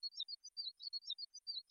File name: Cross Fostering Experiments Suggest That Mice Songs Are Innate